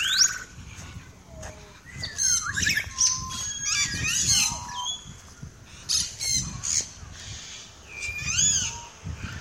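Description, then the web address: Several parrots chattering continuously, overlapping squawks, slurred whistles and screeches with low rumbling noise underneath. "The Bird Sanctuary parrots"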